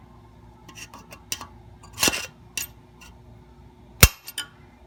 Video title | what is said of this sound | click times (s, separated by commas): 1972 Camaro Steering column part 2 | there we go snaps right in | 4.0 s